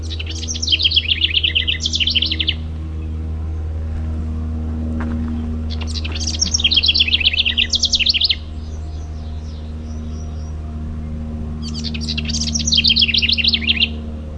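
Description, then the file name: House wren repeating its bubbling, rapid song three times, each burst a jumbled cascade of high chattering notes, over a constant low droning hum. "HOWR song"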